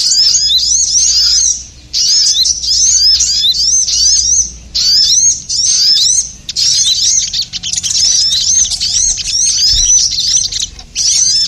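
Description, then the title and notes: Bird twittering in loud bursts of quick, high, hooked chirps, several seconds long, separated by short silences. Compilation of bird sounds used as a lure to attract stubborn birds that are hard to approach. "Suara Burung Bandel Yang Susah Mendekati. Kompilasi Suara Pikat Burung"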